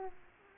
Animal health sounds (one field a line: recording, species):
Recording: mosquito wingbeat signal from an infrared sensor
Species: Aedes aegypti